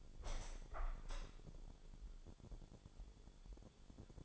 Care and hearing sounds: daily activity, microphone in the room; open window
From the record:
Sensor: 5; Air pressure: 1015.0 hPa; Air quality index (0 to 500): 97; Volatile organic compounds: 2 ppm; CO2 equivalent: 1039 ppm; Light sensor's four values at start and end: 35/80/32/31 and 35/80/32/31

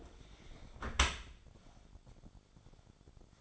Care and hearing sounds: daily activity, microphone in the room; close dishwasher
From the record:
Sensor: 5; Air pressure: 1006.9 hPa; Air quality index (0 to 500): 182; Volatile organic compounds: 5 ppm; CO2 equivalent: 1735 ppm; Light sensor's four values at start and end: 53/148/58/58 and 53/149/58/59

